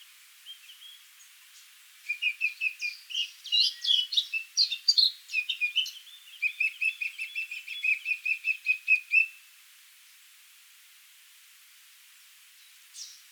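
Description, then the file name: Eurasian blackcap song: faint opening notes, then a loud jumbled warble flowing into a quick even trill of repeated notes before silence. "Sylvia atricapilla"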